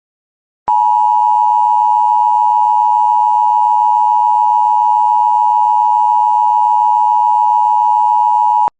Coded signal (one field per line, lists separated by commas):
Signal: Emergency Alert System (SAME) tones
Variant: 853 and 960 Hz attention tone